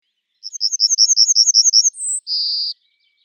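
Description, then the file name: Yellowhammer song: a fast series of over a dozen high chips, then a very high brief note and a longer drawn-out wheezy final tone, on a quiet background. "yellowhammer emberiza citrinella"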